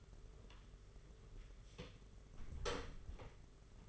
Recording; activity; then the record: daily activity, microphone in the room; close door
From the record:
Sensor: 4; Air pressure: 992.4 hPa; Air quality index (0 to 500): 112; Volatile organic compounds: 20 ppm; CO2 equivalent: 2688 ppm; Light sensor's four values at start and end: 20/71/26/27 and 21/73/26/28